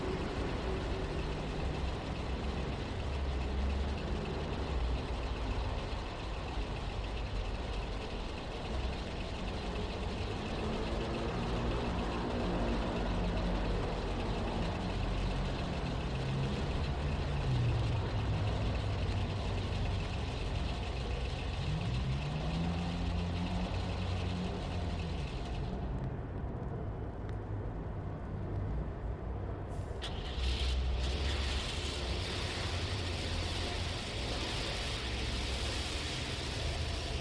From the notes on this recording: automobiles, trucks, construction equipment, mopeds and motorcycles, buses, street sounds and a variety of police and ambulance sirens